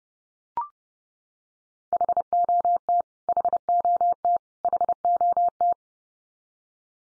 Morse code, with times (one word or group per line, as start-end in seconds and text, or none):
1.9-3.0 HOT
3.3-4.4 HOT
4.6-5.7 HOT